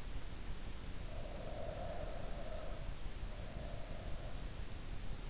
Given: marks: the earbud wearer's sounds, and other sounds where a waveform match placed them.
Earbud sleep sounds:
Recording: sounds in sleep by an in-ear microphone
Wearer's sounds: breath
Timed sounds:
1.07-4.79 s: breath

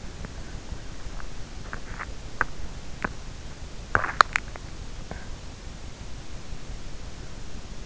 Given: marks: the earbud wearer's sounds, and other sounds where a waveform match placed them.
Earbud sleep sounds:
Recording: sounds in sleep by an in-ear microphone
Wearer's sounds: teeth grinding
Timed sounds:
0.13-5.32 s: teeth grinding

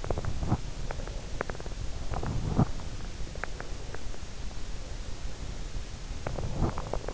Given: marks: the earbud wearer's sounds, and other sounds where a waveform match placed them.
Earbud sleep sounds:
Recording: sounds in sleep by an in-ear microphone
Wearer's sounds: teeth grinding, breath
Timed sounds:
0.00-0.76 s: teeth grinding
0.76-1.80 s: breath
2.11-2.82 s: teeth grinding
3.25-4.10 s: breath
6.24-6.97 s: teeth grinding

